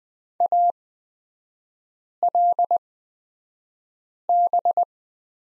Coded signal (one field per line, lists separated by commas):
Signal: Morse code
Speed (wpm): 20 wpm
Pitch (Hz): 700 Hz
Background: none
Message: ALB